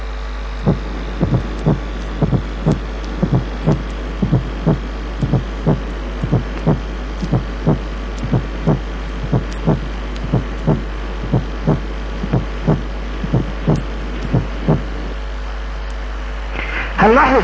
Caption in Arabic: الرايت اتريال كونتراكشن بيكون سترونجر ذان نورمال في حالات البالمونري ستينوزس والبالمونري هايبرتنشن. والرايت اتريال فورس ساوند بيتسمع على الترايكاسبيد اريا، يعني along the left sternal border تحت. الفيرست ساوند مش لب بس، لا ده في قبليه حاجه زي كده درب. الفورث ساوند لو بيتشت، يعني مش هيتسمع الا بالكون.